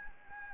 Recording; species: mosquito wingbeat signal from an infrared sensor; Anopheles gambiae